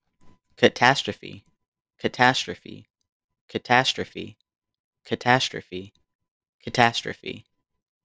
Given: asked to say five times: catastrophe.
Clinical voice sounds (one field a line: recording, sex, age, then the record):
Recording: repeated word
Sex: male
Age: 20 to 29 years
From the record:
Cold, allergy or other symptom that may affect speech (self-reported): no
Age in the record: 20 years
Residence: Florida, United States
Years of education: 14